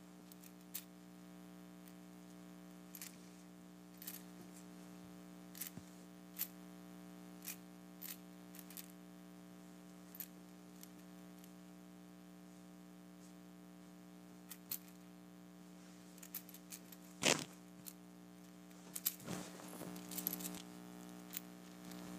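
Clam shells rattle in a glass in scattered, sharp clicks and short clatters, sparse at first and gathering toward the end, with a loud burst near 17 seconds and another cluster around 19 to 21 seconds. A steady low hum runs underneath throughout.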